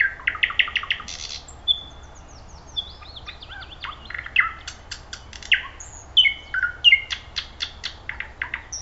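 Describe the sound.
Thrush nightingale song: rapid repeated chock notes opening, then sweeping whistles, clicks and rattles in a dense, varied strophe.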